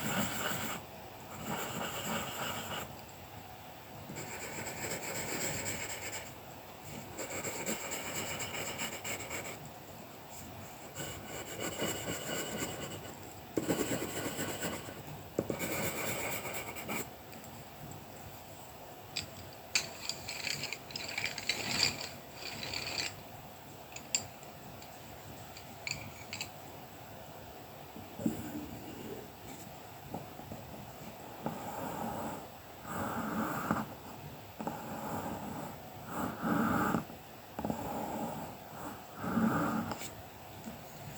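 Colouring pencils scratch and scrape against paper in uneven bursts, with papery rustling and brighter, choppier strokes growing busier in the final fifteen seconds.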